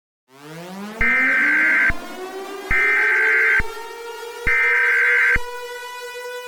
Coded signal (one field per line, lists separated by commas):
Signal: Emergency Alert System (SAME) tones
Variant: header bursts